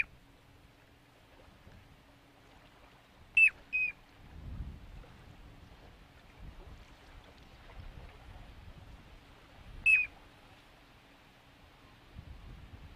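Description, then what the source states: Piping plover giving clear, short whistled peeps, a pair of notes then a single one several seconds later, over a soft low rumbling background. Calling while over its nest.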